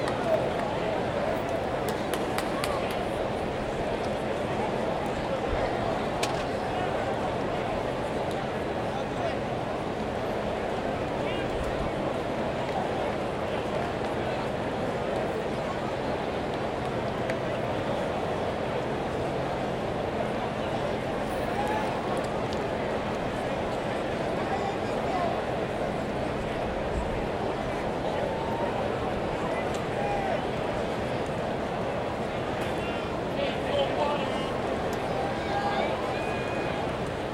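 A dense, steady crowd murmur fills the upper deck at a baseball game, many voices blending into a constant wash with no single speaker standing out. Occasional brief clicks and sharper sounds poke through, especially early and around the twenty-second mark.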